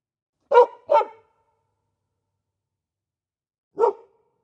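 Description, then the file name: Dog giving two quick sharp barks, then after a pause a single bark, in an otherwise quiet setting. "chien qui aboie"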